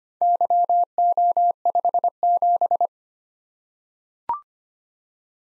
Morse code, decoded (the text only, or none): YO57